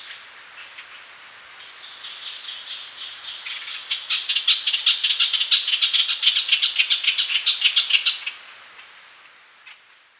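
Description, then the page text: Ochraceous bulbul calls: a harsh, rapid chattering series of notes building from about four seconds and stopping near eight, over a steady high insect drone. "Ochraceous Bulbul Calls. Quick Sounds"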